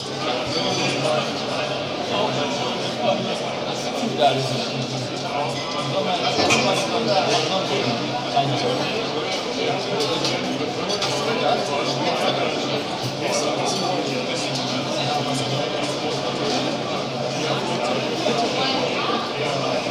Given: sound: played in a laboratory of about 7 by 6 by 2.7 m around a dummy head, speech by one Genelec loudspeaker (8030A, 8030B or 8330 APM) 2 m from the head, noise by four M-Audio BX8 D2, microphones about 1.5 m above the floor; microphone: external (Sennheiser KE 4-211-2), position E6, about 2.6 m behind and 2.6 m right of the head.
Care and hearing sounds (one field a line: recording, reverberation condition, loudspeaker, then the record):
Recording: cafeteria noise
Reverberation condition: high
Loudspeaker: four, about 170 cm from the corners of the room and facing them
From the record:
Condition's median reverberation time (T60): about 1300 ms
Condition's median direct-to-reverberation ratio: about -4.0 dB